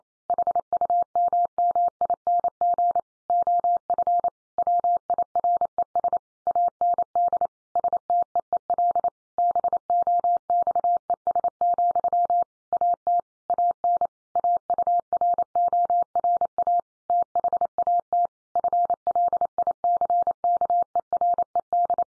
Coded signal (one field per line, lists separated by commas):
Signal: Morse code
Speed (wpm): 28 wpm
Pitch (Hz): 700 Hz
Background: none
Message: HUMMING OF WIRES AND STEEL BOXES, AT AN AURORA THAT FLICKERED